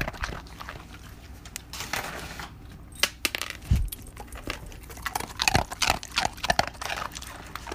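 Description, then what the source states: Dog munching: irregular dry crunches and clicks, a thud near the middle, then a quicker burst of chewing toward the end. Dog munching a treat that was dropped.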